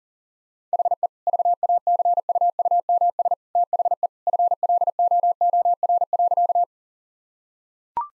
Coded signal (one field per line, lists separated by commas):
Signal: Morse code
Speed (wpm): 37 wpm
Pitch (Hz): 700 Hz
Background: none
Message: HE VACUUMS THE FLOOR.